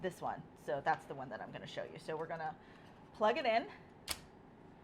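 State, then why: Seated. Someone talks while plugging an interchangeable heating attachment into the handle of a hair styling tool. A single short, sharp tick is heard at 4.1 seconds as the attachment locks into the base. The attachment is seated, and it must be firmly connected or it will not heat up.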